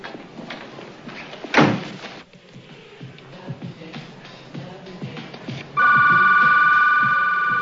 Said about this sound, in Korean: 레이첼의 방에 전화벨이 울립니다.